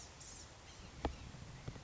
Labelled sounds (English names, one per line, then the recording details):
Blue-gray Gnatcatcher
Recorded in Sonoma County, California